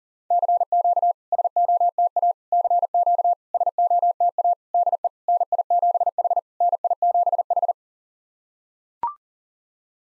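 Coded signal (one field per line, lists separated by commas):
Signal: Morse code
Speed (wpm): 40 wpm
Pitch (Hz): 700 Hz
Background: none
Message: CQ SOTA CQ SOTA DE NI7H NI7H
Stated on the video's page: SOTA QSO practice exchanges at 40 wpm, each sent in Morse, then spoken, then sent again.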